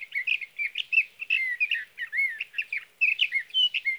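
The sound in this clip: Sage thrasher song, a long rapid warbling run of varied whistled and buzzy phrases with fast jumps in pitch, continuing without pause.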